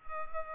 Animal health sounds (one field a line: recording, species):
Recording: mosquito wingbeat signal from an infrared sensor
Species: Culex pipiens